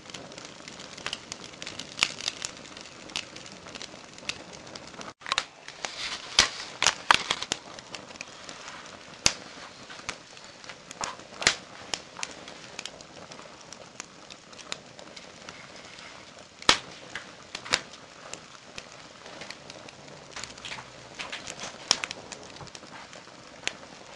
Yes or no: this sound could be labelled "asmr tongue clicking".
no